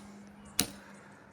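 The folded handlebars of a CIRCOOTER MATE all-terrain electric scooter are lifted back up, and a single loud, sharp snap at 0.6 s marks the folding handlebar joint locking into place. A faint steady low hum runs underneath. The handlebar is seated and the scooter is ready to ride.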